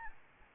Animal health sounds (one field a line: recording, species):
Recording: mosquito wingbeat signal from an infrared sensor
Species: Aedes albopictus